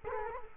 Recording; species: mosquito wingbeat signal from an infrared sensor; Culex quinquefasciatus